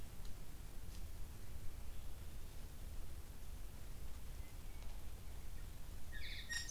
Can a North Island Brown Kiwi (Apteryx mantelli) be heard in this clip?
no